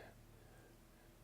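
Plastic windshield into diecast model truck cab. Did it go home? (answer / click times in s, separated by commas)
no / none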